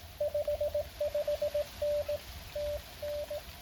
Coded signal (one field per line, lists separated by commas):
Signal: Morse code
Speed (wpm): 20 wpm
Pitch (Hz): 610 Hz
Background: radio noise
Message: 55N TN